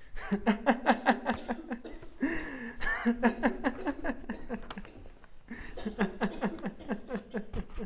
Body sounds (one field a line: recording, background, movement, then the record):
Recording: laughter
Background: a bystander coughing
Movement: sitting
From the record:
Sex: male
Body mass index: 21.0 kg/m2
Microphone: on the chest, facing outward